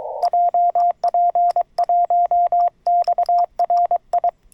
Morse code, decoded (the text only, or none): JP1XRI